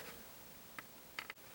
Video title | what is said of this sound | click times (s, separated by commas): How to Secure Loose Fixed Double Door Handles Made Easy | okay I got the door handles snapped back in there | 0.8 s, 1.2 s, 1.3 s